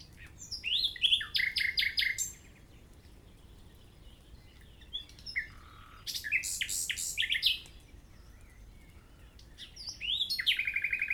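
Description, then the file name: Common nightingale song in varied phrases of rapid clicks, whistles and rattling trills, three bursts separated by pauses of a few seconds. "Luscinia megarhynchos"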